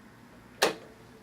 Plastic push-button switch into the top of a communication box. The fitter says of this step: put it the same way it was when I popped it out click it into place